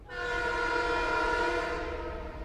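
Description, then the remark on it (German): A train horn blares in one long, steady, chord-like blast over the low rumble of a passing train near the historic railway station in Yonkers, north of New York. The horn holds loud for the whole stretch with no voices. “Vom historischen Bahnhof in Yonkers ist es nur ein Katzensprung zum Hudson River, wo die Science Barge ankert.”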